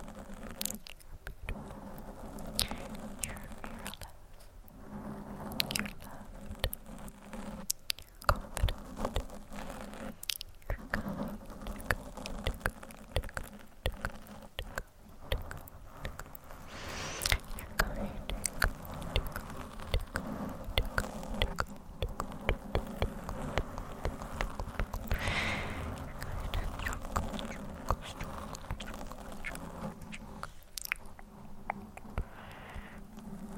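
Close, dense scratching and rubbing against a microphone runs the whole time, full of quick irregular clicks and crackles. A low hum and some buzzy murmuring sit underneath, with brief quieter gaps near 1, 10 and 31 seconds and a brighter swish around 25 seconds.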